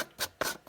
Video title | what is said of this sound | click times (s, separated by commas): Review and opinion on the "As Seen on TV" Atomic Beam Lantern | It's like it clicks right in there. | 0.4 s